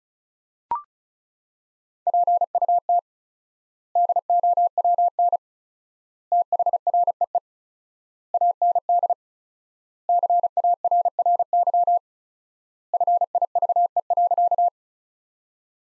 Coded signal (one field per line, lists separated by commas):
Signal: Morse code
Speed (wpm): 36 wpm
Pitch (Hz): 700 Hz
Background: none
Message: PUT DOWN THREE AND CARRY FIVE.